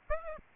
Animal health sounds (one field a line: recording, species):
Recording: mosquito wingbeat signal from an infrared sensor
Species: Aedes aegypti